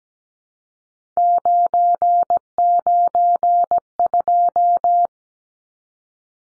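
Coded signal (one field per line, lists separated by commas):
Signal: Morse code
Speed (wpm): 17 wpm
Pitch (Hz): 700 Hz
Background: none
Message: 992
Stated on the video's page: Morse code practice of three-digit numbers at 17 wpm for head-copy.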